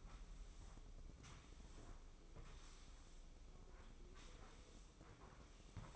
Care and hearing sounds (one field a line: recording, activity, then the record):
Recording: daily activity, microphone in the room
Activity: sweep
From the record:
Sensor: 1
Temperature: 24.1 degrees Celsius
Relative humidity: 31.5%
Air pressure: 995.9 hPa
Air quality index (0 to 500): 67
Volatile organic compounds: 3 ppm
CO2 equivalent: 1360 ppm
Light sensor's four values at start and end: 33/113/43/46 and 33/113/44/46